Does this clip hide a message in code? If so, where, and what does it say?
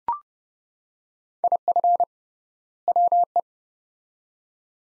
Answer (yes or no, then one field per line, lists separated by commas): yes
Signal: Morse code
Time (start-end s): 1.4-3.4 s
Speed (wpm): 30 wpm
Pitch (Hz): 700 Hz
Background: none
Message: IF WE